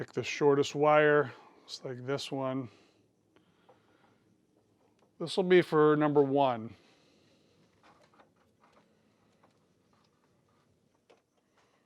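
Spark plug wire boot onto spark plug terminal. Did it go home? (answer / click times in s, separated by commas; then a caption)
no / none. Someone talks while picking the shortest spark plug wire, its rubber boot with a metal terminal meant for the number 1 spark plug of an air-cooled Porsche 911 Carrera engine. Faint, quiet handling ticks and rustles follow. Nothing has seated or clicked yet, and the boot is not yet on the plug.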